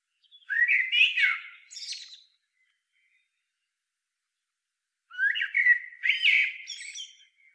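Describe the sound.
Eurasian blackbird song: two mellow fluted warbling phrases, each ending in a squeaky high twitter, separated by about three seconds of silence.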